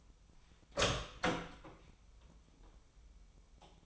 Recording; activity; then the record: daily activity, microphone in the room; open door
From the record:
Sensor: 1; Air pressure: 996.1 hPa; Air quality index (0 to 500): 36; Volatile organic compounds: 1 ppm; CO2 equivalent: 659 ppm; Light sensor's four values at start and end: 14/33/14/16 and 14/33/14/16